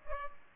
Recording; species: mosquito wingbeat signal from an infrared sensor; Culex pipiens